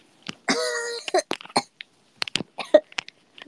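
A run of sharp cough bursts with a strained, voiced gasp: an adult sputtering after choking on something.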